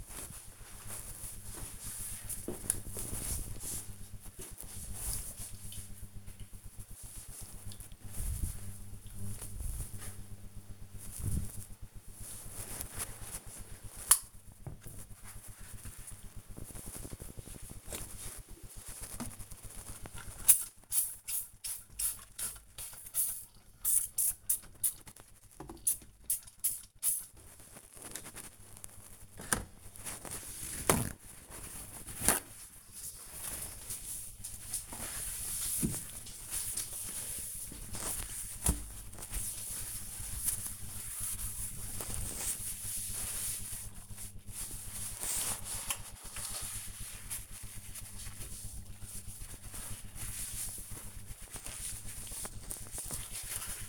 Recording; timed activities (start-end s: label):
household activities, microphone on the right wrist
16.38-53.89 s: bathroom cleaning (washbasin)